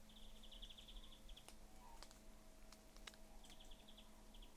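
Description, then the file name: European greenfinch giving two rattling trill series, with scattered sharp clicks and a steady low hum throughout. "Chloris chloris"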